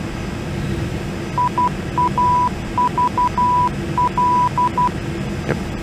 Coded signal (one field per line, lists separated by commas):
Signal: Morse code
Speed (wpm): 12 wpm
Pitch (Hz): 990 Hz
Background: none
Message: IAVL